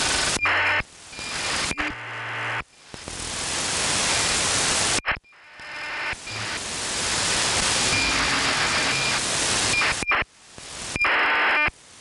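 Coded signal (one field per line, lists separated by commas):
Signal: ACARS aircraft data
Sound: several harsh buzzing data bursts, each starting with a short high tone, separated by gaps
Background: radio static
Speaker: we have identified the signal heard on the SDR software as an a car transmission which come from aircraft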